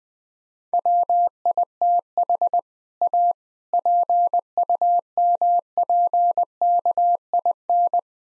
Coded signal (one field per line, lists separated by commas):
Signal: Morse code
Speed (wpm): 21 wpm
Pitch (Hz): 700 Hz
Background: none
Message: WITH A PUMPKIN